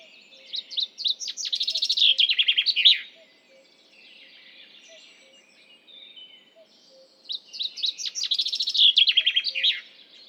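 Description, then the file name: Common chaffinch song, two phrases separated by about four seconds, each a run of bright rapid notes falling in pitch. "Fringilla coelebs"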